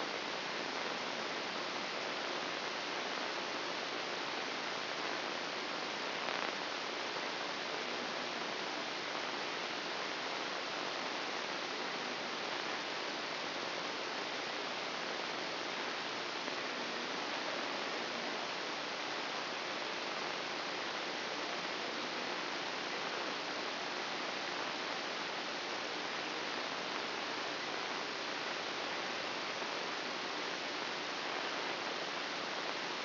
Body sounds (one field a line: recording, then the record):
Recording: brain microelectrode recording played as sound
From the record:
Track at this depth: inside the subthalamic nucleus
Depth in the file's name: 4.31 mm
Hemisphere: left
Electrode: 2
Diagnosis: Parkinson's disease